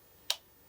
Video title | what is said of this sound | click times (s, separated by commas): Canon R50V Beginners Guide - Set-up & How-To Use in Detail | Hear that click? That's the lens pin that just clicked. | 0.3 s